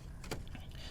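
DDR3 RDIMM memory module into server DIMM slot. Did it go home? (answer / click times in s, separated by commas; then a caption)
no / none. A DDR3 RDIMM memory module is lined up and pushed into a DIMM slot in a Dell PowerEdge R910 server, giving a few short, faint knocks, the strongest near 0.3 s, over a steady low hum. The module is not fully seated and the tabs are still sticking out, so nothing has clicked or latched yet.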